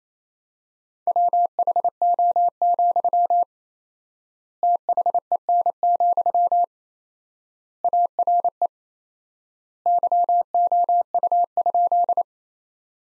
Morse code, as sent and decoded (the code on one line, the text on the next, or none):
.-- .... --- --..-- / - .... . -. --..-- / .- .-. . / -.-- --- ..- ..--..
WHO, THEN, ARE YOU?